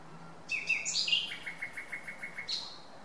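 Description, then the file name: Common nightingale song: varied rich notes followed by an even run of several quick repeated notes and a final sharp note. "Luscinia megarhynchos"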